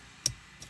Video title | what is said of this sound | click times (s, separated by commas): [HOW TO] Replace Bose Dash Speakers on a 2021+ GMC Yukon (Right & Left)(Tahoe/Suburban Similar) | make sure it clicks | 0.3 s